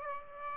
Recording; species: mosquito wingbeat signal from an infrared sensor; Aedes aegypti